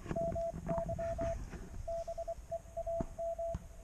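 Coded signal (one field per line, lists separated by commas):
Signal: Morse code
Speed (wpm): 24 wpm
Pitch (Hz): 670 Hz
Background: radio noise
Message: MY BEAM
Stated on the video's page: QRP CW contact at 2 W from a 9 V battery on an mtr3B, with a Palm Pico paddle and end-fed antenna, from a natural park.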